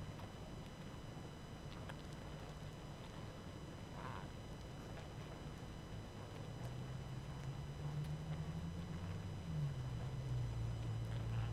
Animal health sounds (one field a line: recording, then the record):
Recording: honeybee colony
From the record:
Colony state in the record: active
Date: 12 June 2018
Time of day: 21:24